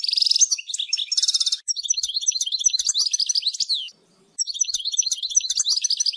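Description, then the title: European goldfinch giving continuous tinkling, twittering song with buzzy trilled passages, one short pause, then the chattering resumes. "Chant Chardonneret"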